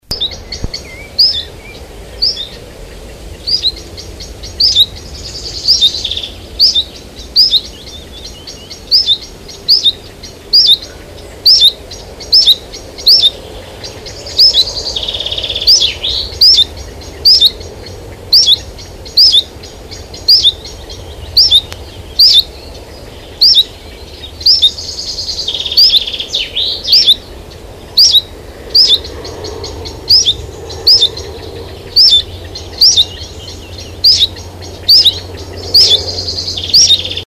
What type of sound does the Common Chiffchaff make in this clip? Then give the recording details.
call. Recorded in the wild. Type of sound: call. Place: Fröndenberg/ Ruhr, Nordrhein-Westfalen, DE. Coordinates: 51.47, 7.77. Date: 1985-06-17. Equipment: Sony WM-D6C, Big Ear. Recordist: Skiba, Reinald